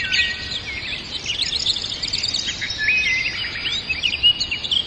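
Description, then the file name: Birds chirping and twittering together, soft overlapping high notes and short whistled phrases over a constant hiss. Birds in a forest. "Passaros na Floresta"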